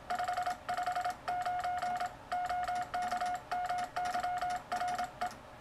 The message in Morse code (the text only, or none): 559 OK MY RE